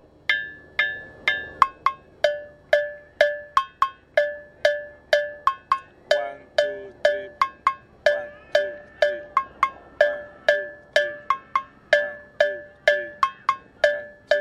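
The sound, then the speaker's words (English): Metallic bells played with a master drum for a dance are struck in a steady, driving rhythmic pattern, bright ringing clanks alternating between two pitches, repeating quickly and evenly with no voices over them. “Normally they have two bells and then on the other one with it.”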